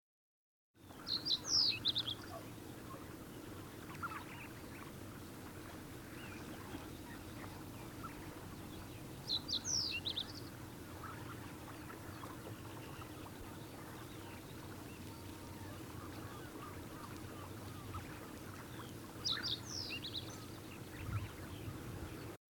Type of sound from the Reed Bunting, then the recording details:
song. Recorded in the wild. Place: Gingst, Insel Rügen, Mecklenburg-Vorpommern, DE. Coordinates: 54.534, 13.303. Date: 1977-04-09. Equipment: Nagra III BH, Sennheiser MD 21, parabola. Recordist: Schubert, Michael. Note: Gesang Rohrammer